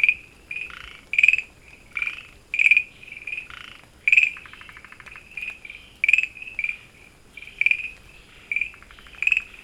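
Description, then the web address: Frog calls, short bright chirping notes repeated irregularly, with occasional buzzy pulsed trills between them. Recorded on 24 August 2013. "frog rec 20130824"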